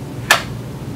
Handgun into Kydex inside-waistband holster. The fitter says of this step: that basically means is that when you put the weapon into the holster you physically hear it click and you'll hear it now so